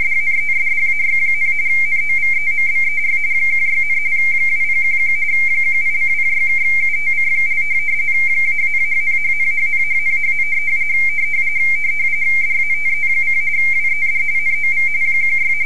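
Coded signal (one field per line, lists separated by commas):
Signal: RTTY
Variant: Baudot, 170 Hz shift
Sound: continuous fast warbling between two high tones, a steady chirping data stream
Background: low hum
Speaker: and i will send it now and wait to see what happens the message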